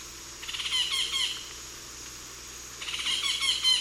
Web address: ENTER Music and Audio J - Nature Songs S America Eastern Lowlands Yellow-tufted Woodpecker